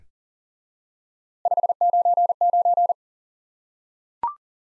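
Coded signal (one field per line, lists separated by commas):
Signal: Morse code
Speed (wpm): 40 wpm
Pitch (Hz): 700 Hz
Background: none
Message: 599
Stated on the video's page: Morse lesson drilling the QSO element 599 repeated, for instant word recognition practice.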